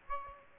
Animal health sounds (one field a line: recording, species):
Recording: mosquito wingbeat signal from an infrared sensor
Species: Aedes aegypti